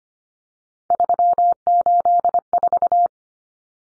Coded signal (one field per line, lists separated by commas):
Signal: Morse code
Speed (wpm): 25 wpm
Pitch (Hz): 700 Hz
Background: none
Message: 384